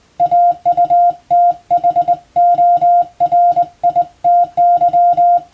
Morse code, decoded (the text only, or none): AUTHORITY